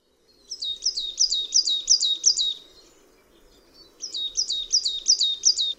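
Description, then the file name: Marsh tit giving two quick runs of sharp, high chirps, several notes each, separated by a short silence over a soft low background rumble. "SIKORA UBOGA"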